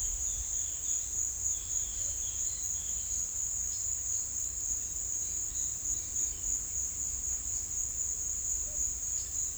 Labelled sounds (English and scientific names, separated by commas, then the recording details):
none
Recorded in secondary vegetation near Puerto Asís, Putumayo, Colombia, on 18 December 2024 at 12:30
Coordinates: 0.488, -76.319
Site GP04